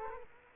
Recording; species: mosquito wingbeat signal from an infrared sensor; Culex quinquefasciatus